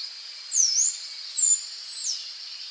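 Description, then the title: Half-collared sparrow song: thin, very high whistled notes, a dipping slur followed by level and falling slides, over a steady high-pitched hiss. "LuckyPassaro Completos2Sama. Half-collared Sparrow (Arremon semitorquatus)"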